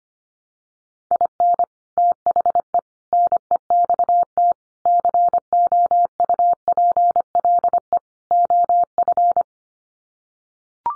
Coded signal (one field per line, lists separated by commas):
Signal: Morse code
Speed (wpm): 25 wpm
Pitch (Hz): 700 Hz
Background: none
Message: IN THE NEXT COUPLE OF